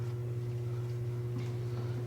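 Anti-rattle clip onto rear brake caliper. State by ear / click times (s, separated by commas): not seated / none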